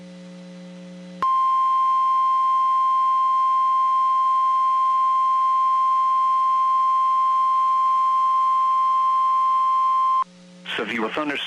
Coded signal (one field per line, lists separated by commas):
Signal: Emergency Alert System (SAME) tones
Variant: 1050 Hz attention tone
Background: speech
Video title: EAS 2442-2447 (2/2/24)